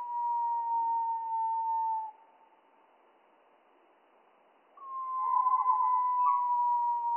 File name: GOBE MOUCHE GRIS